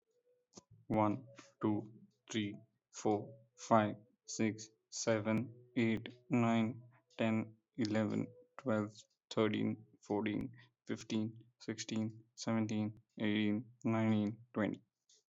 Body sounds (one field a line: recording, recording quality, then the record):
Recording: counting at a normal pace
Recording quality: excellent, no background noise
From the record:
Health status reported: healthy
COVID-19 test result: not tested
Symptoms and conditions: breathing difficulty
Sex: male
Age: 25 years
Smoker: yes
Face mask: not worn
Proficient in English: yes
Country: India